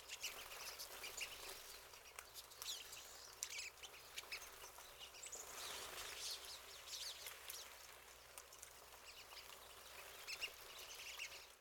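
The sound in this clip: Pine siskins keeping up a dense, continuous high twitter, the notes overlapping into a busy wash with a soft background hiss.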